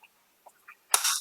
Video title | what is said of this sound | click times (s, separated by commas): HOW TO BACKWASH - WATER REFILLING MACHINE - BACKWASH MAINTENANCE AT WATER REFILLING STATION | click that right there. That's the backwash position. | 0.9 s